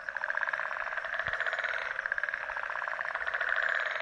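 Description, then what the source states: Frog chorus of fast rattling pulses from many callers, with a faint low thump partway through. Frog chorus recorded in Mauritius.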